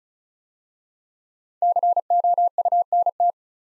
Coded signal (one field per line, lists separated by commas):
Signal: Morse code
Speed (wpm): 36 wpm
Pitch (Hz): 700 Hz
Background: none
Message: COUNT